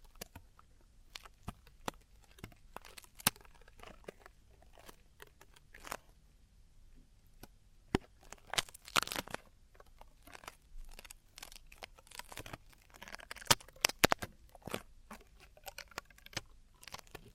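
Ear cleaning and earwax removal, heard as a dense run of tiny scratching clicks and crackles at irregular intervals over a quiet low hum. Bursts cluster more thickly around nine seconds and again from twelve to fifteen seconds, with one longer rustling scrape near nine seconds.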